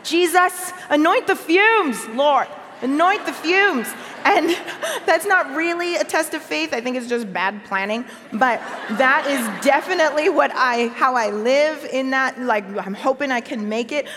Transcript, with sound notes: Jesus, anoint the fumes. Lord, anoint the fumes.” (Sounds of laughter.) That's not really a test of faith. I think it's just bad planning. But that is definitely how I live in that I'm hoping I can make it.